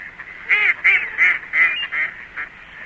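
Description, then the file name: Mallard giving six harsh, nasal quacks in a loose series, the later ones slightly weaker, with a steady faint hiss behind. "De Wilde Eend"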